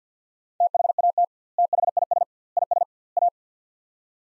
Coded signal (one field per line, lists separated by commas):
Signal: Morse code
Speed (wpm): 50 wpm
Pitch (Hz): 700 Hz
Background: none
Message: THAT THIS IS A